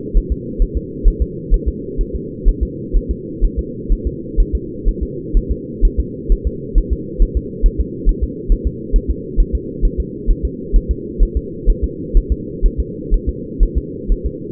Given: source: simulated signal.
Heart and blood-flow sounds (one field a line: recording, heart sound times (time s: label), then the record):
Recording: fetal heart sounds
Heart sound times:
0.17 s: S1
0.32 s: S2
0.62 s: S1
0.77 s: S2
1.08 s: S1
1.22 s: S2
1.54 s: S1
1.68 s: S2
2.01 s: S1
2.15 s: S2
2.49 s: S1
2.63 s: S2
2.97 s: S1
3.11 s: S2
3.44 s: S1
3.59 s: S2
3.92 s: S1
4.07 s: S2
4.40 s: S1
4.55 s: S2
4.89 s: S1
5.03 s: S2
5.37 s: S1
5.52 s: S2
5.85 s: S1
6.00 s: S2
6.32 s: S1
6.47 s: S2
6.78 s: S1
6.93 s: S2
7.22 s: S1
7.37 s: S2
7.66 s: S1
7.80 s: S2
8.09 s: S1
8.23 s: S2
8.52 s: S1
8.67 s: S2
8.96 s: S1
9.10 s: S2
9.40 s: S1
9.55 s: S2
9.85 s: S1
10.00 s: S2
10.31 s: S1
10.45 s: S2
10.76 s: S1
10.91 s: S2
11.23 s: S1
11.37 s: S2
11.70 s: S1
11.84 s: S2
12.17 s: S1
12.32 s: S2
12.66 s: S1
12.80 s: S2
13.14 s: S1
13.29 s: S2
13.63 s: S1
13.78 s: S2
14.12 s: S1
14.26 s: S2
From the record:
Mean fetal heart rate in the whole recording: 130 bpm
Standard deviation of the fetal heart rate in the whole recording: 4 bpm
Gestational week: 38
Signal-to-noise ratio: -4.1 dB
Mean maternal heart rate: no maternal heart sound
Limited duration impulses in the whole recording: absent